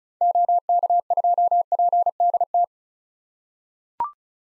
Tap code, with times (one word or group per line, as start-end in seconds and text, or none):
none